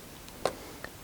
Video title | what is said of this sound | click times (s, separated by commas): Serwis i Wymiana Shaftu w Rockshox ZEB ( serwis 50H )- Clinic Bike 3.0 | ale to tu jest do kliknięcia w tym miejscu dokładnie | 0.5 s